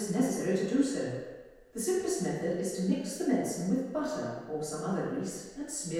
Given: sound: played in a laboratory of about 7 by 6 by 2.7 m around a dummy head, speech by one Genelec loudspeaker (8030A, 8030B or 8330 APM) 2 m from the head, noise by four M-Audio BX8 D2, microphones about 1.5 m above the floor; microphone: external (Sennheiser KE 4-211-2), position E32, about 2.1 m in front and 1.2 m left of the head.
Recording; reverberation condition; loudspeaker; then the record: female speech in English; high; 150 degrees to the left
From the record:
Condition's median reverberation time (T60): about 1300 ms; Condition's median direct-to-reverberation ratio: about -4.0 dB